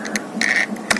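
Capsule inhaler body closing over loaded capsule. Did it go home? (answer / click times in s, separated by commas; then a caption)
yes / 0.9 s. A plastic dry-powder capsule inhaler is closed over a loaded drug capsule so its needles pierce the capsule. It clicks shut at 0.9 s, the sign that it is ready for inhaling. Softer taps and a brief rustle come before the click.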